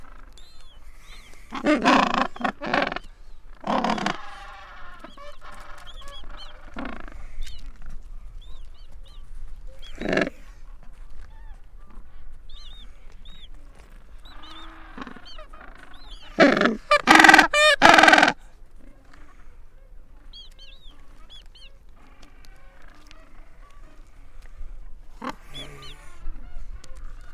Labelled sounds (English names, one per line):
Gentoo Penguin call